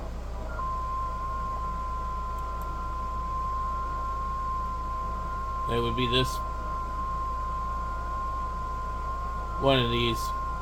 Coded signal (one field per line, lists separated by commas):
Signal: FT8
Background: speech